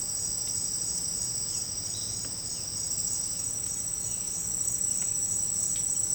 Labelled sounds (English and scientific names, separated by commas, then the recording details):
none
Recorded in secondary vegetation near Puerto Asís, Putumayo, Colombia, on 19 March 2025 at 10:00
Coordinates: 0.502, -76.326
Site G100